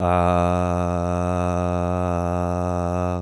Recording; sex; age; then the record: sustained vowel /a/; male; 40 to 49 years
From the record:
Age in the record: 47 years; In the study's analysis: included